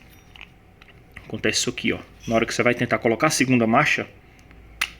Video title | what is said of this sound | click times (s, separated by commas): BT 45 com a segunda marcha fazendo barulho... | ela vai bater ali, ó. Não encaixou | none